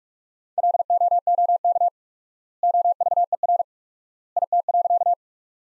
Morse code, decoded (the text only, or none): LOOK OVER IT.